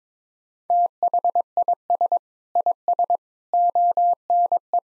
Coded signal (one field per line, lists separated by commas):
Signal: Morse code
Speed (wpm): 22 wpm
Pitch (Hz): 700 Hz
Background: none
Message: THIS IS ONE